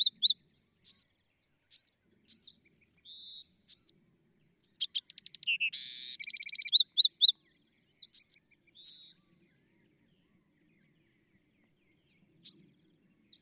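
Bewick's wren song with scattered high chips and short whistles building into a rapid buzzy trilled phrase, then sparse notes and silence.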